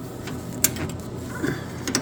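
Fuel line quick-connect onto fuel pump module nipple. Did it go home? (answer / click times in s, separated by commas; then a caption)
yes / 0.6 s. The red fuel line's quick-connect fitting is pushed all the way onto the fuel pump module port of a 1997-2003 Ford F-150, and its lock is then engaged. A sharp click at 0.6 s marks the fitting seating, followed by two more sharp mechanical hits near 2.0 and 2.1 s. The fuel line is seated and locked.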